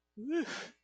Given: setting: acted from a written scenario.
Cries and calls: vocal sound without words; ecstasy

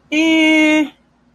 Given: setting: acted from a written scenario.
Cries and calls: vocal sound without words; neutral

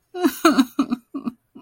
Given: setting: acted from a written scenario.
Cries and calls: vocal sound without words; distress

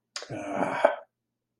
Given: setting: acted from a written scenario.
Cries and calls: vocal sound without words; guilt

